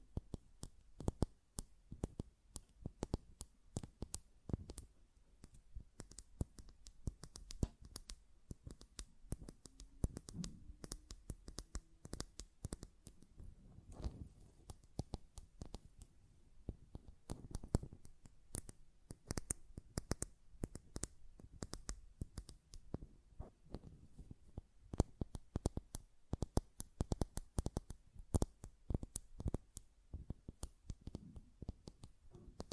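Quick, sharp taps on a glass perfume bottle, with lid clicks scattered among them. The ticking runs dense and uneven across the whole stretch, bright and short, coming in bursts and flurries, with a few louder knocks near the end.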